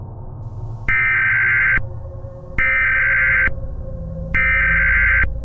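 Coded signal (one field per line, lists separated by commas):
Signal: Emergency Alert System (SAME) tones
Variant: header bursts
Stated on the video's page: Fictional EAS scenario teaser, a simulated alert.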